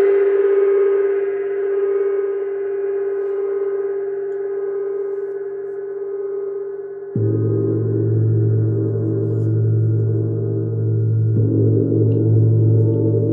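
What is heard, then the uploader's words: A gong rings with a sustained, shimmering hum centered on one strong mid tone, slowly fading over the first seven seconds. Around seven seconds it is struck again, adding a deep, rich low roar and denser overtones, with another fresh stroke near eleven seconds. Venus Gong Sound Immersion. In this video, I play the Venus Gong.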